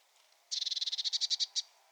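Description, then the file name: Eurasian blue tit giving one rapid, harsh churring rattle of about a dozen pulses, growing slightly louder toward the end. "Cyanistes caeruleus"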